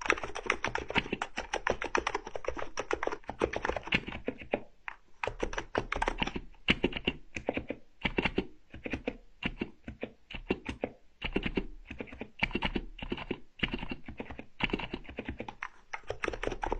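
Tapping and smearing massage strokes, a dense run of quick, sharp taps like rapid typing. The taps come in bursts with brief pauses near 5, 8 and 11 seconds. A faint steady low hum sits underneath throughout.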